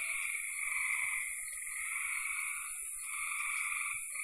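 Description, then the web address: Frog chorus of overlapping soft droning calls, continuous and blended, with faint low thumps underneath. "cn frogs"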